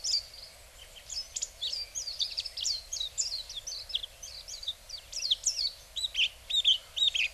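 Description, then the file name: Warbling white-eye giving a rapid, high-pitched twittering warble, notes tumbling out in quick uneven bursts. Recorded in Hyogo, Japan, dated 07-03. "mejiro 0703 hyogo kaji"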